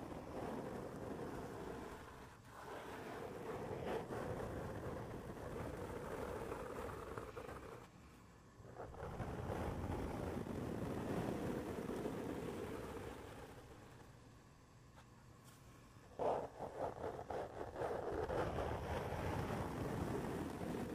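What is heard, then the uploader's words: A head and back scratcher rubs steadily against the mic in dense, rough scraping strokes, with brief pauses near 2.5, 8.5 and 16 seconds. ASMR brain scratch // mic touching // head and back scratcher.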